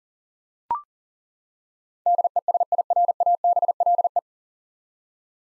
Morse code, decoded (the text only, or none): DESIRABLE